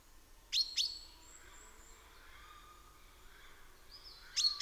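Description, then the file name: Chaffinch calls: a pair of sharp high chips early, faint thin whistles in between, and another pair of chips at the end. "Fringilla coelebs"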